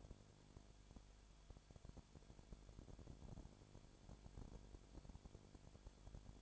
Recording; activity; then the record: daily activity, microphone in the room; no activity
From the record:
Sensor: 5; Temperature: 20.2 degrees Celsius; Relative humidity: 36.5%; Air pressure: 1001.3 hPa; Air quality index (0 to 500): 177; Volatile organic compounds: 4 ppm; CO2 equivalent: 1617 ppm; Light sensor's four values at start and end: 2/3/1/1 and 2/3/1/1